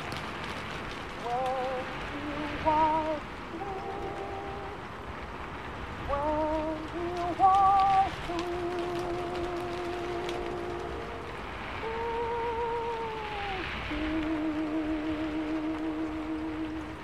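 Oldies music plays from another room, a muffled melody of held notes that runs through the whole clip, with a slightly louder swell around three and eight seconds. Steady rain hisses underneath the entire time without letting up.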